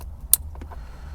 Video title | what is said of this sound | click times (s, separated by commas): Radar Detector Harness on the Camaro! | I don't know if you all heard that snap, but it snapped in place. | 0.3 s